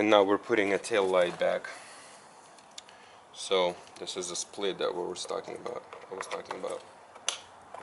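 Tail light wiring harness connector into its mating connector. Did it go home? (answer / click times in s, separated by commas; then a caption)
yes / 7.3 s. While a tail light is reinstalled on a 2011-2015 Dodge Durango during a factory trailer hitch and wiring install, the split tail light wiring-harness connector is joined to its mating connector. Someone talks, then a sharp snap at 7.3 s shows the connector clicking together and seating.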